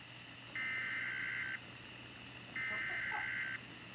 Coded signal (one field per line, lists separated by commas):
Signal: Emergency Alert System (SAME) tones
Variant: header bursts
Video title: RadioShack 12-258 unboxing